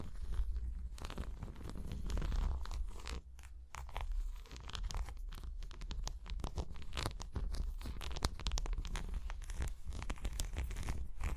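Dense, busy scratching and tapping with sharp clicks and rustles throughout, a brief lull near three seconds, over a steady low rumble.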